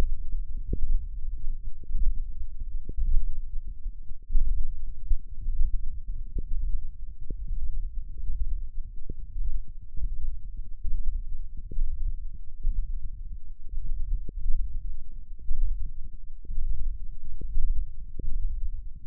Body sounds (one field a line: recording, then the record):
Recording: forearm muscle sounds (acoustic myography)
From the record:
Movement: thumb flexion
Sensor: system 1, eight BSWA MPA416 microphones around the upper forearm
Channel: 8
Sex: male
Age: 21 years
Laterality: right